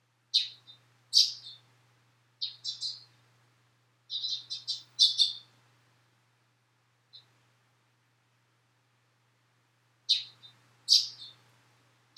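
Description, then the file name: Sparrow chirping in scattered bursts of sharp single and doubled tweets, a busier cluster midway, then a quiet stretch of several seconds before more chirps; faint low hum throughout. "suzume"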